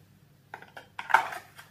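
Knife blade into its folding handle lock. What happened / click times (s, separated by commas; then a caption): A metal folding blade is handled, with ringing clicks that could pass for the lock seating / none. A handmade folding bushcraft knife with thick red liners has its blade worked by hand toward the lock in its folding handle, producing a series of light metallic taps and rattles over a low steady hum. The blade has not clicked into place or seated yet.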